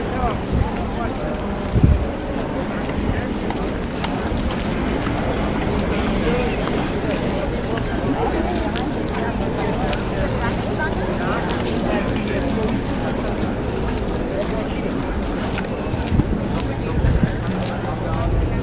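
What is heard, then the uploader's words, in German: Lübeck's old town: a steady hum of overlapping voices and street bustle, with low rumble underneath and a brief thump near two seconds. ASMR in der Altstadt von Lübeck: Ambient 3D-Sound. Es ist Abend geworden.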